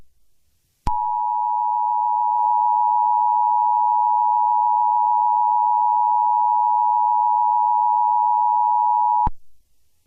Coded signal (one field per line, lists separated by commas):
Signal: Emergency Alert System (SAME) tones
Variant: 853 and 960 Hz attention tone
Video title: EAS Scenario #41: All Falls Down